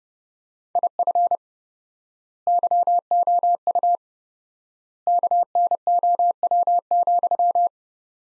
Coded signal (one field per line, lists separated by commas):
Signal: Morse code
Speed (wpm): 30 wpm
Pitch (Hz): 700 Hz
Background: none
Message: IF YOU KNOW,